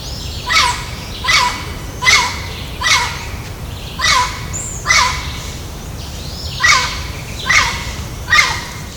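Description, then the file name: Turquoise-fronted amazon giving loud, harsh squawking calls, about one every second, over steady background hiss and low rumble. Recorded at Ibirapuera, São Paulo, Brazil, on 7-12-12. "Amazona aestiva Ibirapuera SP BR 7 12 12"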